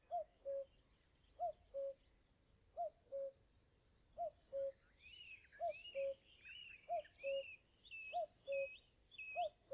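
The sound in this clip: Cuckoo repeating a steady, hollow two-note call, high then low, about seven times, while other small birds chatter and whistle at higher pitch.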